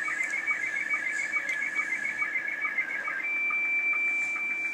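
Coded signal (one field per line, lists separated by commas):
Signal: SSTV (slow-scan television)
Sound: warbling, shifting tones with regular short low ticks, then a steady high whine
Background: radio static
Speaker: and um you can hear the uh picture it's coming across here too look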